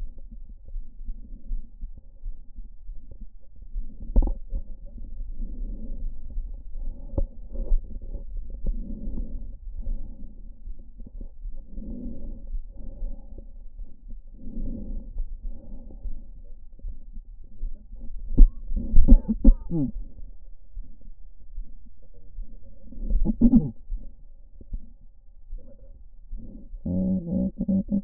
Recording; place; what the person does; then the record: lung sounds by stethoscope; right anterior apical chest; quiet breathing, then cough and speech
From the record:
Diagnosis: COPD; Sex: female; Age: 72 years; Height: 156 cm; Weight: 72 kg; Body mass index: 29.6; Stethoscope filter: diaphragm mode